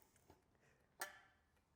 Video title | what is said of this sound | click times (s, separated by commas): INTENSE Tazer S Alloy eBike Unboxing | you hear that click now that battery door is set on that stainless tab that we looked at a minute ago | 1.0 s